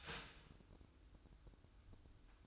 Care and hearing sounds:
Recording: daily activity, microphone in the room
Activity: start toaster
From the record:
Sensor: 2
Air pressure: 1006.9 hPa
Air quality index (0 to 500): 45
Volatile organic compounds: 1 ppm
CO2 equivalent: 555 ppm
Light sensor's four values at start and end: 7/16/7/7 and 7/16/7/7

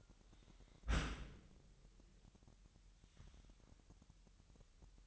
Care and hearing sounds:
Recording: daily activity, microphone in the room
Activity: close dishwasher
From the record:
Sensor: 3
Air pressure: 998.4 hPa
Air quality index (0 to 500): 146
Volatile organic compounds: 5 ppm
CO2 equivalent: 1754 ppm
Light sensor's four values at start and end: 14/42/17/16 and 14/42/17/16

